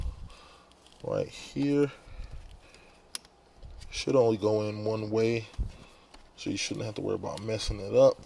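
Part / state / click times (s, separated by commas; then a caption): fiber optic cable connector into retrofit interface module / not seated / none. A fiber optic cable connector is handled at its port on an MMI retrofit interface module for Apple CarPlay in a BMW F10 535i, with faint handling taps and scrapes while someone talks. Nothing has seated or clicked yet.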